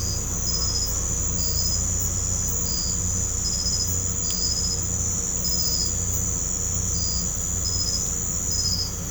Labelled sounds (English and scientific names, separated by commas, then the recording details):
none
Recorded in pastures near Puerto Asís, Putumayo, Colombia, on 16 December 2024 at 04:30
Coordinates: 0.505, -76.324
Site G063